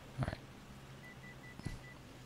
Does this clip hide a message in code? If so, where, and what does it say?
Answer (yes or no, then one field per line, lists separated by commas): no